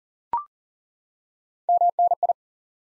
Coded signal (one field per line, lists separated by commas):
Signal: Morse code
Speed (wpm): 40 wpm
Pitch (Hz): 700 Hz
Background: none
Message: MNI